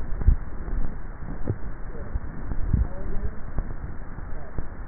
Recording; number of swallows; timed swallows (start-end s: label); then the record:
swallowing sounds by neck microphone; 2
0.08-1.02 s: swallow
2.38-3.32 s: swallow
From the record:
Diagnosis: dysphagia